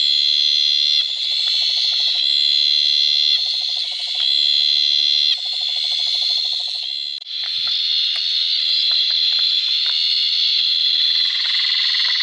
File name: litoria dentata